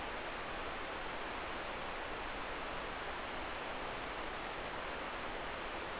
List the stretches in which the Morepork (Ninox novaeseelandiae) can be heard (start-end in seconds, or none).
none